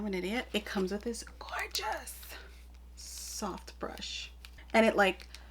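Someone talks while handling a small, soft makeup brush that fits into a slot in a plastic powder compact holder, which is meant to lock it in place so the brush isn't lost. The brush is being handled but has not seated or clicked into the holder yet.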